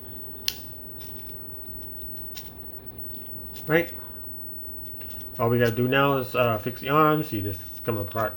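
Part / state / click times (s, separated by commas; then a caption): robot head section into the toy figure's body / seated / 0.5 s. The plastic head section of a Transformers R.O.T.B Jungle Mission 3-Pack Nightbird robot figure is brought over during transformation and pushed into the figure's body until it seats with one sharp click at 0.5 s. A quiet stretch of faint handling ticks follows, and then someone talks from about 5.4 s onward.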